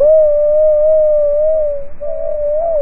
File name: 2018-05 Rondone polyphonic call slowed down 8 times